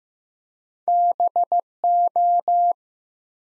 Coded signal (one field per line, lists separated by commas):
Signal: Morse code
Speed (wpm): 15 wpm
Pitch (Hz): 700 Hz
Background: none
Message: BO